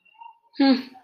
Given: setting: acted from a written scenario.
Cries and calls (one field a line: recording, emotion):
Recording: vocal sound without words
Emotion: contempt